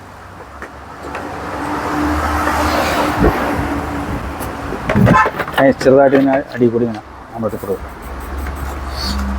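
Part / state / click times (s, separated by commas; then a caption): headlight bulb holder into scooter headlight housing / seated / 4.9 s. On a Dio scooter, the headlight bulb holder's tab is pressed gently from below into its mounting hole in the plastic headlight housing, with someone talking over it. A sharp, short hit at 4.9 s marks the tab locking into the hole, and the holder ends up seated.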